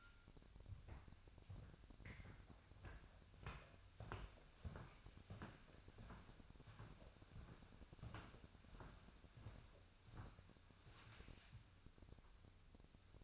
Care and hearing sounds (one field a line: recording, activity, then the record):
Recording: daily activity, microphone in the room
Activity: walk to room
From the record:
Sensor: 2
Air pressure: 999.8 hPa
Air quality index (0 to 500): 116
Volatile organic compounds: 2 ppm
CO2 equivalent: 1005 ppm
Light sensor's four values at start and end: 33/78/35/39 and 32/75/34/38